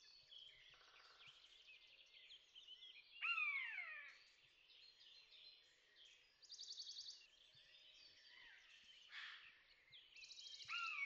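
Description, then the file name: Common buzzard uttering a loud falling mew, then the start of another at the end, over a busy background of high songbird trills and chirps. "egereszolyv hangja"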